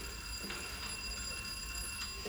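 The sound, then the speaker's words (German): A doorbell at the Büchners' door rings steadily for a couple of seconds, a sustained, fairly quiet electric tone with thin, high overtones and no voices over it. “Ich werde noch mal bei Büchners klingeln.”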